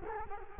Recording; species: mosquito wingbeat signal from an infrared sensor; Culex quinquefasciatus